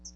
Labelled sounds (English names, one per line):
Hooded Warbler flight call